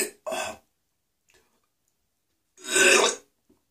The sound of vomiting with coughing in a man the urge to vomit coughing and regurgitation.